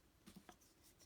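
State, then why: Not seated. A plastic accessory piece is handled and pushed toward its socket on a Masters of the Universe Origins Sky Sled toy vehicle for its villain configuration. Soft plastic taps and rubs occur around 0.3 and 0.4 s, followed by a brief sharper tap at 0.5 s. Nothing has seated or clicked into place yet.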